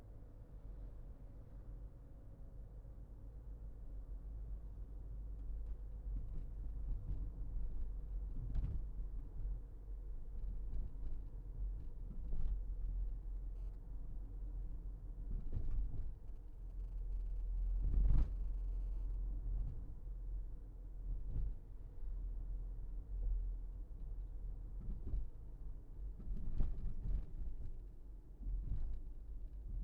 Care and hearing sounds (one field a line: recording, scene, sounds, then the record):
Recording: everyday scene through a hearing-aid microphone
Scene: in a vehicle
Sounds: engine, rumble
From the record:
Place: Berlingo II, diesel engine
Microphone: behind the ear, left, rear